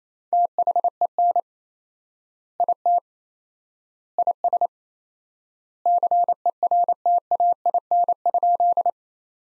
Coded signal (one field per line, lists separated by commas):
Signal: Morse code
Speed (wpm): 28 wpm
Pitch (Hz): 700 Hz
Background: none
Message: THEN IT IS CERTAIN?